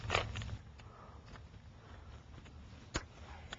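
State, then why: Seated. A fuel injector wiring connector on a motorcycle's rear cylinder is pressed down onto the injector. It snaps into place with a sharp click at 0.2 s, with a few fainter ticks and knocks after it. The connector is seated.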